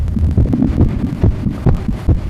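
Fast, loud heartbeats thump at uneven, unpredictable intervals, with a rough murmur blurring the sounds between beats. This completely irregular rhythm with a murmur points to atrial fibrillation and organic heart disease.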